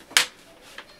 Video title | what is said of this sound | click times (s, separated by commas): Dell Inspiron screen replacement / How to replace broken laptop screen on a Dell Inspiron 7559 | and just snap everything back together | 0.2 s, 0.8 s